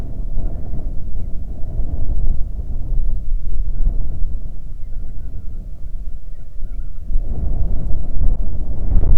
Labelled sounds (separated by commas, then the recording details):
waterfowl, wind
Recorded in the Prudhoe Bay oil fields, Alaska, on 31 July 2019 at 07:32
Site 24